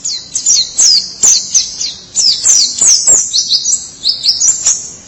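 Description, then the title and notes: White-eye song: rapid high twittering of thin descending slurred notes in quick bursts, with short pauses between phrases. "Suara kicauan burung pleci"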